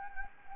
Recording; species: mosquito wingbeat signal from an infrared sensor; Anopheles gambiae